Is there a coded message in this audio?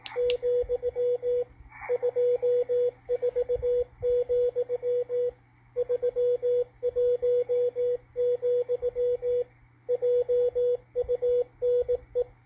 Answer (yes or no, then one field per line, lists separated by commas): yes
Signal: Morse code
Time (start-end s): 0.2-12.2 s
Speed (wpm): 19 wpm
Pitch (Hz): 490 Hz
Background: radio noise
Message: , 24, 31, JUNE